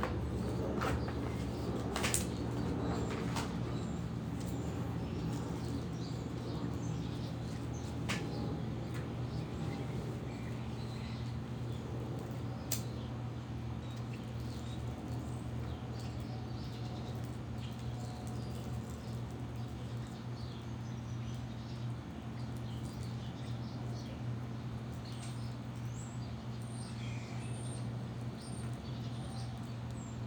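Backyard neighborhood sounds: a steady low hum underneath, with scattered bird chirps and a few sharp clicks, busiest in the first ten seconds.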